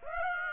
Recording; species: mosquito wingbeat signal from an infrared sensor; Aedes aegypti